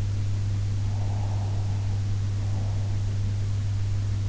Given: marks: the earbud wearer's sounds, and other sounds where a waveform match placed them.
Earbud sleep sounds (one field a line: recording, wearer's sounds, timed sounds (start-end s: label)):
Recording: sounds in sleep by an in-ear microphone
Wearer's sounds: breath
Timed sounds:
0.87-3.33 s: breath